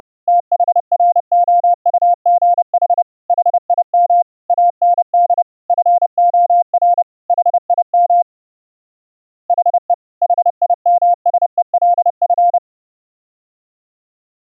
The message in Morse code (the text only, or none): THROUGH HIM AND FOR HIM HE HIMSELF